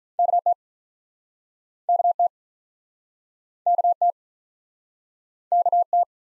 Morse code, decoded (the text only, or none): K T K T K T K T